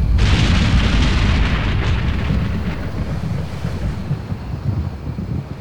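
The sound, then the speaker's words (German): A deep, continuous earthquake rumble with a sudden onset, roaring loudly at first with a hiss of noise on top, then gradually settling into a lower, steady churning rumble. “Ich schätze, das war ein Erdbeben.”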